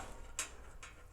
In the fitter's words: till that, I don't know if you heard that click.